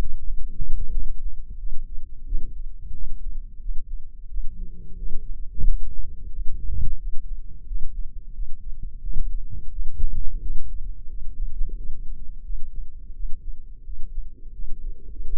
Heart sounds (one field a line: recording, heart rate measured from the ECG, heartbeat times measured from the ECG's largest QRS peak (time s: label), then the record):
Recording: heart sounds by microphone in the left ear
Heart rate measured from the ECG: 88 bpm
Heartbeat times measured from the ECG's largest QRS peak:
0.25 s: heartbeat
0.91 s: heartbeat
1.58 s: heartbeat
2.25 s: heartbeat
2.93 s: heartbeat
3.60 s: heartbeat
4.28 s: heartbeat
4.96 s: heartbeat
5.64 s: heartbeat
6.30 s: heartbeat
6.98 s: heartbeat
7.65 s: heartbeat
8.33 s: heartbeat
9.01 s: heartbeat
9.70 s: heartbeat
10.40 s: heartbeat
11.08 s: heartbeat
11.75 s: heartbeat
12.44 s: heartbeat
13.14 s: heartbeat
13.84 s: heartbeat
14.53 s: heartbeat
15.24 s: heartbeat
From the record:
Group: healthy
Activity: light exercise 0-3 s, rest 3-15 s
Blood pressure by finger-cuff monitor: 151/77 mmHg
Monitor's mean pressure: 95 mmHg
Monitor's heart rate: 88 bpm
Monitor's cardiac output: 9.4 L/min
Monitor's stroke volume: 104 mL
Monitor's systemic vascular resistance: 770 dyn s/cm5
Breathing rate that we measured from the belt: 21 breaths a minute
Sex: male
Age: 57 years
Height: 188 cm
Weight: 106 kg